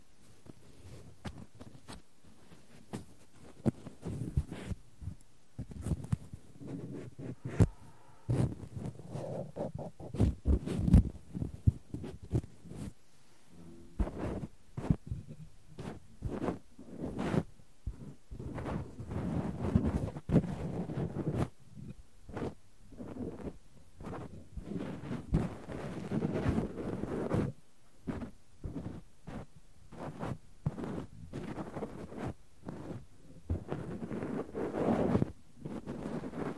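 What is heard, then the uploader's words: Rustling and scratching of cotton being handled, with dense, irregular crackles and soft scrapes throughout. Sharp clicks from tweezers strike often, scattered unevenly across the whole clip. A low, muffled rumble like wind on the microphone sits underneath. ASMR No Talking Extreme Cotton and Tweezers Tingles!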